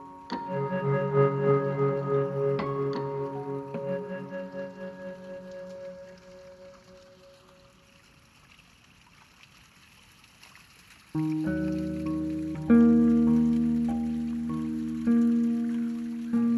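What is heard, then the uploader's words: At the Nestucca Bay National Wildlife Refuge, ringing bell-like tones are struck near the start and again around three seconds, then slowly fade to near silence by eight seconds. A fresh cluster of deeper and brighter chimes enters at eleven seconds, with new strikes near thirteen and fifteen. The Nestucca Bay National Wildlife Refuge.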